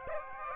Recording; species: mosquito wingbeat signal from an infrared sensor; Aedes aegypti